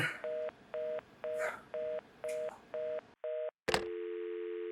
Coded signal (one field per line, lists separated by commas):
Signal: telephone call progress tone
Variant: North America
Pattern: reorder tone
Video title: My RØDE Reel 2020 | Short Film: "Dial Tone"